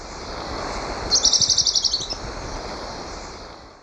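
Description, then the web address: Rufous-browed tyrannulet call: a fast, high series of about ten sharp notes in roughly one second, over steady background hiss and low rumble. Recorded in Ecuador. "Birds of Ecuador 3. Rufous-Browed Tyrannulet"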